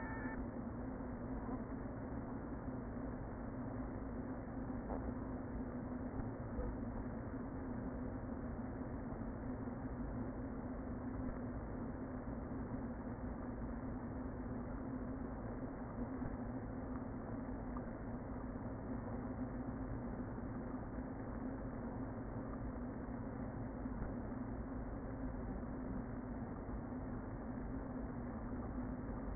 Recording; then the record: honeybee colony, microphone inside the hive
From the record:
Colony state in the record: queen present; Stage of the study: before two queens were removed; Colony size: about 60,000 bees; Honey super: yes